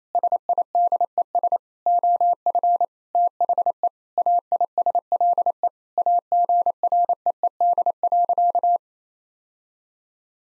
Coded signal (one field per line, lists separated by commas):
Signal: Morse code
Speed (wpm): 28 wpm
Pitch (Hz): 700 Hz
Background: none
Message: SIDES OF THE AISLE AGREED.